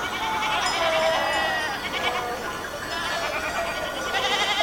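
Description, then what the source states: Goats bleating together, tremulous nasal calls overlapping densely across the whole stretch. Goats in Akamas, Cyprus.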